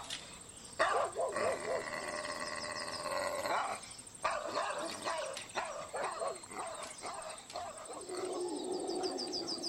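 Agitated, furious barking of a large mastiff-type dog, mixed with high, wavering yelps and whines, coming in rapid bursts at a fairly steady level, moving away, before settling into lower, drawn-out cries near the end.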